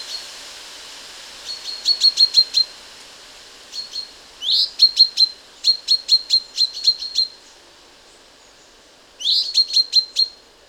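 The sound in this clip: Common chaffinch gives repeated runs of crisp, clipped notes at a steady pitch, some runs opening with a short upward slur, with brief pauses between runs.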